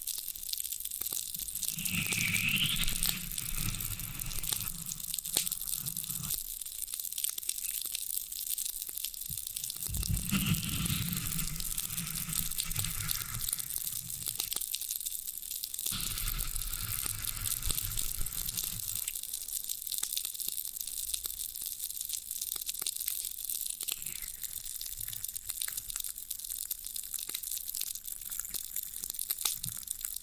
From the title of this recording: Satisfying Tingle Stimulating Floral Foam Sounds